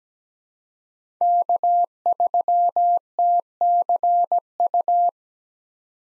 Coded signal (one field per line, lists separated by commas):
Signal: Morse code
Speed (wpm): 17 wpm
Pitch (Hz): 700 Hz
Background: none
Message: K3TCU